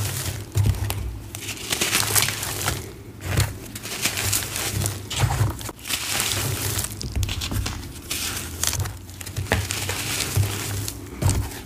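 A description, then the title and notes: Steady crunching and crumbling of dyed gym chalk and cornstarch pieces, with dense crisp crackles bursting through nearly the whole twelve seconds. Brief softer pauses fall around three and six seconds. A low, muffled thudding of handling sits underneath. Satisfying flaky lime green dyed gym chalk + deep purple cornstarch crunchies + crunchy reforms + baby oil.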